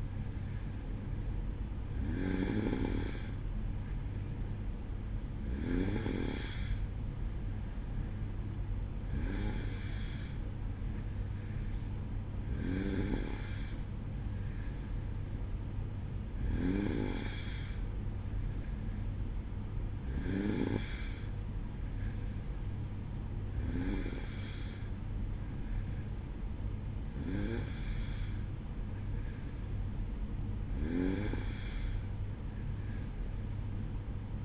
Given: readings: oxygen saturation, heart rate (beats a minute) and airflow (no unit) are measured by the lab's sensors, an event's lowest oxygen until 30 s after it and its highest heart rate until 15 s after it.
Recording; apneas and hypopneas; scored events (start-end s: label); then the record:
breathing in sleep by a smartphone at the bedside; none
none scored
From the record:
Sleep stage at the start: N2 (light sleep); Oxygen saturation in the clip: 93%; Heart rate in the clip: 54 to 55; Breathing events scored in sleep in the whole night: 305 in 9.6 hours asleep